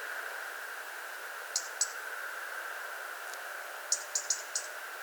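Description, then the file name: European robin calls: a pair of sharp high ticks early on, then a tight series of four clicky ticks later, against constant background hiss. "Erithacus rubecula"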